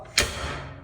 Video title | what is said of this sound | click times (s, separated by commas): 스피닝바이크 셋팅을 배워봅시당 !! | 자 뽑히는 형태인데 반드시 이렇게 딸깍 소리가 | 0.2 s